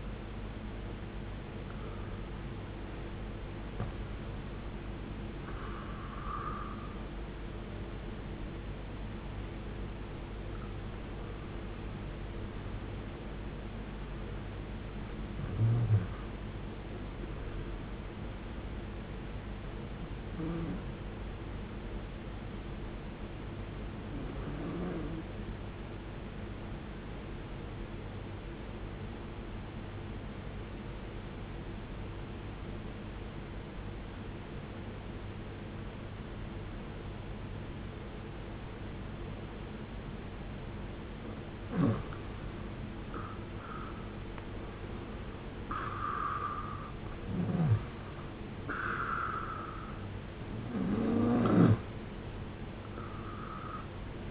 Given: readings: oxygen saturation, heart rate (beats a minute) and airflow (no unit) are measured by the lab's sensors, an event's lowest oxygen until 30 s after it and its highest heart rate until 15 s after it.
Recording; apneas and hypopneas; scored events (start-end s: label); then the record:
breathing in sleep by a voice recorder at the bedside; 1
28.00-42.60 s: obstructive apnea (N1, oxygen 96% highest, then 92% lowest, heart rate 59 at the start, 71 highest)
From the record:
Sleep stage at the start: N1 (lightest sleep); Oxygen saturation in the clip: 93 to 96%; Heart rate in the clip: 53 to 66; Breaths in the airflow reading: 8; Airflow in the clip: -12.8 to 18.1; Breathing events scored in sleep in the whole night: 389 in 6.3 hours asleep